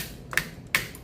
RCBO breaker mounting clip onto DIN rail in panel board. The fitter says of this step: Okay, so makikita natin yung ano, nakalock na po siya.